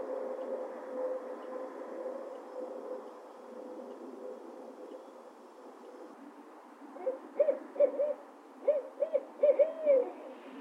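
Owl hooting, a run of short hoots in quick succession over the last few seconds, after several seconds of steady noise with a faint tonal hum.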